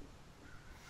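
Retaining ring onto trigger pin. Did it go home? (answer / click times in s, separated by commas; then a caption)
no / none. A small steel retaining ring (e-clip) is being pushed with a fingernail onto a pin of a Jewell rifle trigger. Only faint, steady broadband noise is heard, with no distinct transient. The ring has not seated or clicked yet.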